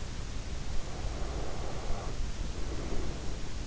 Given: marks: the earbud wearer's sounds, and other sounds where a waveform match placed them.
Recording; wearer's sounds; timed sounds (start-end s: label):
sounds in sleep by an in-ear microphone; breath
0.49-3.52 s: breath